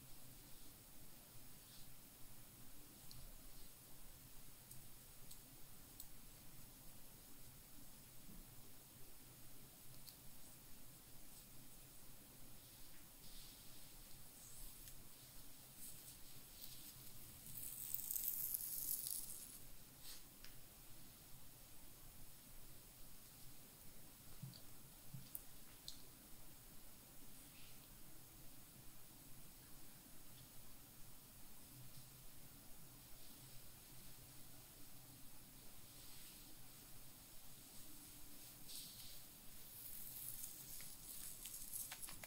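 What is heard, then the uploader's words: Scalp oiling and a head massage with scratching of skin and hair, a soft, steady rustle that keeps up throughout. Brief brighter scratchy bursts stand out around 18 seconds and again near the end, with short crisp strokes scattered in between. ASMR Tingliest hair sounds Scalp oiling, head massage + skinhair scratching.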